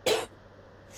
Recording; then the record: coughing mixed with background sound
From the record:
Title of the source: 61 morning phlegmy cough...again